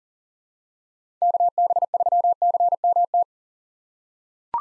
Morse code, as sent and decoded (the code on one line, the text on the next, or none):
-.- -... ...-- -.-. -- -
KB3CMT